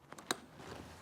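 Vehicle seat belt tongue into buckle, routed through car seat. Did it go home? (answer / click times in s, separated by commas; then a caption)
yes / 0.3 s. A vehicle seat belt's metal tongue, routed through a Nuna Rava 2025 convertible car seat during installation, is pushed into its buckle. Two faint ticks at about 0.1 and 0.2 seconds lead to a sharp click at 0.3 seconds, followed by low rustling. The buckle latches.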